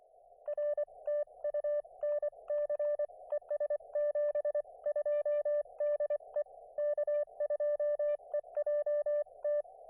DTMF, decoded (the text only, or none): none